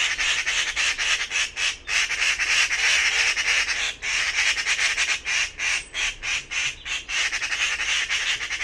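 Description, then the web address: Bird squawks in a nearly continuous harsh chatter, coarse and noisy, with quicker pulsed notes toward the end. "cianscape birddata Deverinetal"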